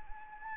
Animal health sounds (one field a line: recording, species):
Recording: mosquito wingbeat signal from an infrared sensor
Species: Anopheles arabiensis